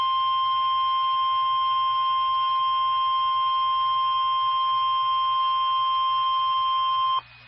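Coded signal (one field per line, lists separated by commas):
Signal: Emergency Alert System (SAME) tones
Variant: 1050 Hz attention tone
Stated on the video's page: SAME tones on NOAA Weather Radio transmitters for severe thunderstorm, tornado and flood watches and warnings.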